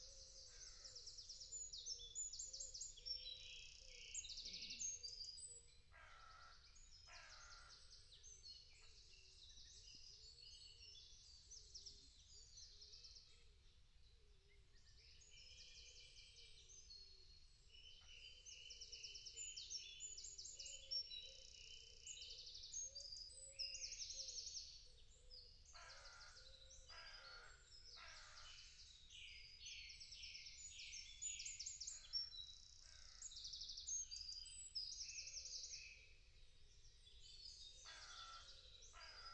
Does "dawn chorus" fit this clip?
yes